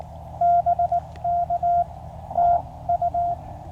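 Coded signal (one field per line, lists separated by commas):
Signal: Morse code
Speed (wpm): 18 wpm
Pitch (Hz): 700 Hz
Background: none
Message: BK TU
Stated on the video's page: CW POTA/SOTA activation on Cheaha Mountain, Alabama, 100% portable QRP, with a storm rolling in and a lightning-delay break.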